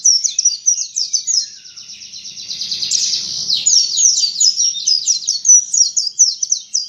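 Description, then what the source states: White-eye song: continuous high, rapid chattering warble of slurred twittering notes running without pause. Pleci dakun white-eye singing in the ngalas ngeroll style.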